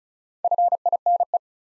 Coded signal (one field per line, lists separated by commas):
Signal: Morse code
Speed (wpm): 36 wpm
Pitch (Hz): 700 Hz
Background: none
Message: FINE